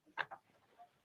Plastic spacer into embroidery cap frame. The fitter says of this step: not very easily without seeing what i'm doing but that's how it pops into place